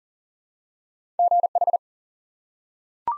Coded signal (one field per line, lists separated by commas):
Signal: Morse code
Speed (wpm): 39 wpm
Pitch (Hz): 700 Hz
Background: none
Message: GH